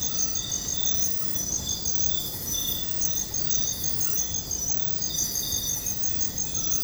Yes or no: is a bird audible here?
no